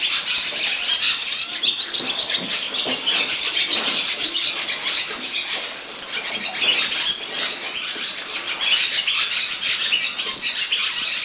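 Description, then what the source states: Barn Swallow twittering, a continuous rapid chatter of high, scratchy notes running throughout with only a brief dip midway. Field recording by Sten Wahlström, Sweden, on the Sveriges Ornitologiska Förening cassette Fåglar I Vår Närhet; Swedish name ladusvala.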